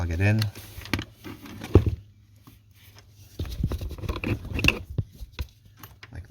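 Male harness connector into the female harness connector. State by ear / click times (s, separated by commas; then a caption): seated / 4.7 s. Someone talks while a male wiring harness connector for a Meso Customs 4Runner puddle pods switch is pushed into the female harness connector. There are several small clicks and handling knocks, and a sharp click at 4.7 s marks the connector seating fully home.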